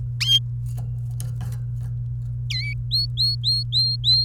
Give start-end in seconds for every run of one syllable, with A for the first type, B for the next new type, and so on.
2.50-2.73 A, 2.91-4.24 B